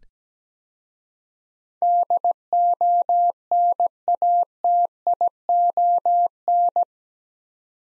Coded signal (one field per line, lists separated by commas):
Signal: Morse code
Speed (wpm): 17 wpm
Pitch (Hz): 700 Hz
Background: none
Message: DONATION